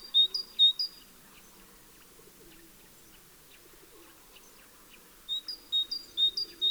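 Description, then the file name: Great tit sings a few whistled pairs, falls silent for several seconds, then resumes with more see-saw phrases. "Parus major"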